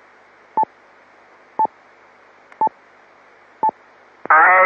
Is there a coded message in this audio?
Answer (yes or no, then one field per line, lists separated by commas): no